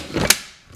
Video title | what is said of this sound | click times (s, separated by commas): Ninja Creami - How To Make Mint Ice Cream At Home! | turn it around until it locks into place. And you heard that lock into place. | 0.3 s